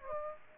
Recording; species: mosquito wingbeat signal from an infrared sensor; Aedes aegypti